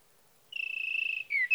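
Sage thrasher song fragment, a steady buzzy trill held for under a second, followed by a quick downslurred whistle and a short note.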